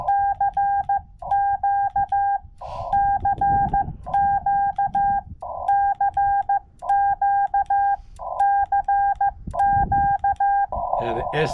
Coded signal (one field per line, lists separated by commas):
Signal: Morse code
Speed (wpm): 15 wpm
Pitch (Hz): 800 Hz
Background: speech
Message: CQ CQ CQ CQ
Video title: Super Easy 10-Point SOTA Summit!